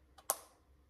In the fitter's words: kábel vlastne takto zasuniete on to cvakne ste mohli počuť